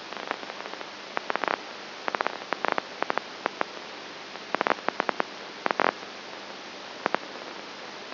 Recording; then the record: brain microelectrode recording played as sound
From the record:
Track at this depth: inside the subthalamic nucleus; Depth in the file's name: 0.902 mm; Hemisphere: right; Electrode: 2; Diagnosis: Parkinson's disease